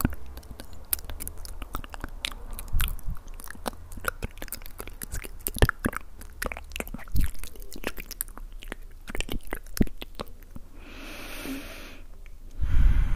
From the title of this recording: ASMR mouth sound